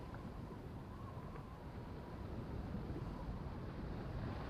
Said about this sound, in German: Und wieder das Schweigen, das regelmäßig im Wellenschlag atmet.